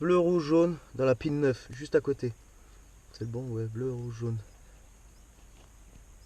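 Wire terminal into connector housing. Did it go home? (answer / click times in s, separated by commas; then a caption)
no / none. A blue-red-yellow wire terminal is being handled for insertion into pin 9 of a plastic connector housing, during installation of a steering-wheel cruise control on a BMW E46. Someone talks over faint background noise. Nothing has seated or clicked yet.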